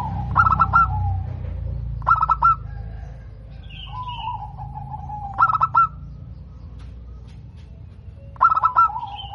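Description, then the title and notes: Zebra dove song: repeated bursts of rapid staccato coos over a low rumbling background. Local-type perkutut, described as singing often (gacor) with a crystal-clear, loud voice. "PERKUTUT LOKAL GACOR Suara KRISTAL LANTANG. Kicau Burung Perkutut"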